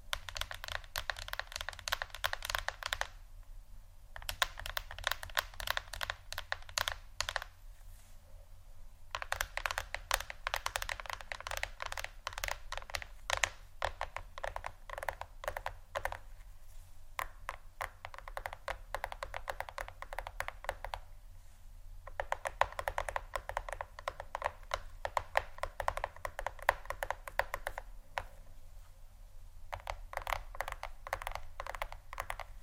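Phone or tablet tapping comes in quick, dense bursts of light clicks, each run lasting a few seconds before a short pause. The taps are crisp and bright, separated by brief silences around 4, 9, 17, 21 and 28 seconds, over a faint low hum.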